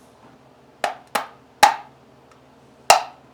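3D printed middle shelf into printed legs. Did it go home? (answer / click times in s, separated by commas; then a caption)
yes / 1.6 s, 2.9 s. A 3D-printed plastic middle shelf is snapped onto 3D-printed legs, producing four sharp, bright snaps at about 0.8, 1.2, 1.6 and 2.9 seconds, with the last two the loudest. The shelf seats onto the legs with snap clicks at 1.6 and 2.9 seconds.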